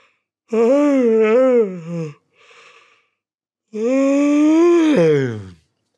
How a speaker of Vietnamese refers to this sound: Vừa đặt lưng xuống chiếu, … ngáp dài một cái rồi nói.